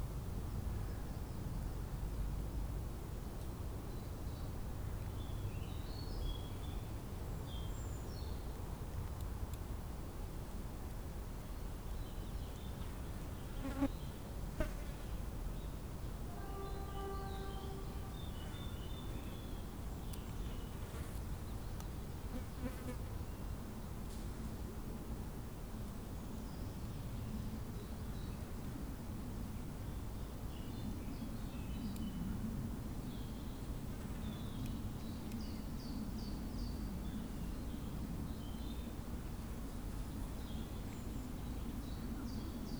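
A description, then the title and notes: A spring day atop Tivoli Park in Ljubljana, with a steady low rumble running through the whole recording. Insects buzz on and off, faint bird chirps come and go, and around 14 to 18 seconds a few clicks and a brief tonal whine stand out. Spring Day Atop Tivoli. Recorded in Tivoli Park, in Ljubljana, Slovenia.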